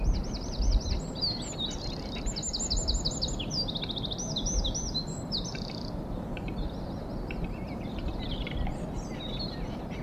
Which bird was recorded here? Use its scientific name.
Troglodytes troglodytes